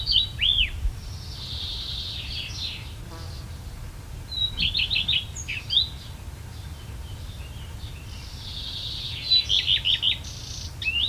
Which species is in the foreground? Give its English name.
Common Redstart